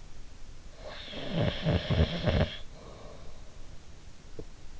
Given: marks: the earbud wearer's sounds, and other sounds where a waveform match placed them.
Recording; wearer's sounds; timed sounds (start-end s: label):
sounds in sleep by an in-ear microphone; snoring breath
0.74-3.39 s: snoring breath